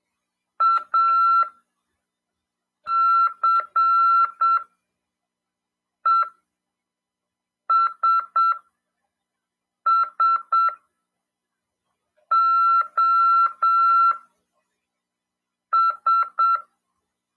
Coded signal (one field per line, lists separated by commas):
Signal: Morse code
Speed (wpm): 7 wpm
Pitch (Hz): 1350 Hz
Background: none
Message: ACESSOS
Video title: RADIOAMADOR 2ªEd. 5/12/2022 "AULA 40: CW, LEGIS e C.RODADA" FM 146.410 Mhz. PY2EXU PAULO CRASP/RAF.